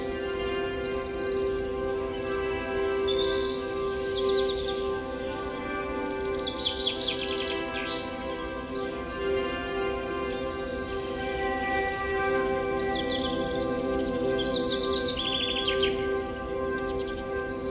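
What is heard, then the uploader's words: Birds chirp in quick bright trills and tweets throughout, over a steady hum with several held tones running underneath the whole time. Forest Birdsong Nature Sounds. Calming Birds Chirping Ambience. Experience the gentle melodies of birds chirping as they create a tranquil symphony amidst the serene ambiance of the forest.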